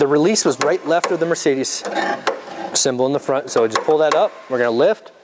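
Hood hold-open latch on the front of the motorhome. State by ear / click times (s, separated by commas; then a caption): not seated / none. Someone talks while the front hood of a Winnebago Touring Coach Era 70A motorhome is released by pulling up the release just left of the Mercedes symbol on the front, and the hood is about to be lifted. The hood hold-open latch has not clicked into place yet; nothing has seated by the end of the clip.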